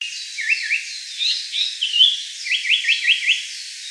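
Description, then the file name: Japanese Paradise Flycatcher calls: a series of quick high chirps and sweeping notes, ending in a run of fast repeated sweeping notes. Recorded 27 June 2013. "sankoutyou 130627"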